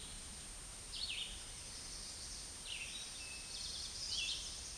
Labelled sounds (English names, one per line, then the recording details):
Red-eyed Vireo song
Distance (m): 15 m
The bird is about 10 m above the microphone
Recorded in a Pennsylvania forest on 16 May 2024 at 09:02
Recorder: AudioMoth, point MSD-2083
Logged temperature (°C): 16.7 °C
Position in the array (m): 150 m, 28 m